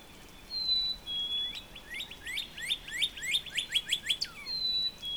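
Northern Cardinal song: steady whistles, then a fast string of sharp downslurred notes, ending with another drawn-out whistle.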